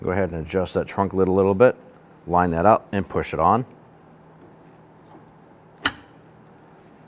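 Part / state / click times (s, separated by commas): trunk lid lift support socket onto ball stud / seated / 5.9 s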